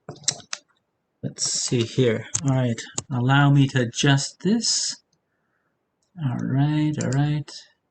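A utility knife blade is being handled at a box cutter handle, with a few sharp clicks and taps near the start while someone talks. The blade has not yet locked into place and nothing has seated or clicked home.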